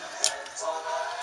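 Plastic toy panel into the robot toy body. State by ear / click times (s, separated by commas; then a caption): seated / 0.2 s. A plastic panel on a transforming robot toy (Autobot Springer, Generations series) is slid up and pushed into the toy body. It pops into place with a sharp click at 0.2 s. A faint tonal background runs throughout.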